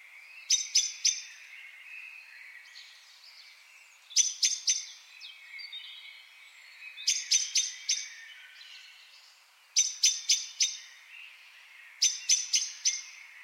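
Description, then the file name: Common blackbird uttering clipped chink notes in tight groups of three or four, roughly every three seconds, over a background of soft, varied birdsong. "Turdus merula"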